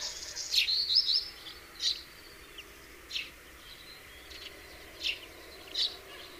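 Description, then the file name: House sparrow giving short, bright chirps at irregular intervals. "Passer domesticus"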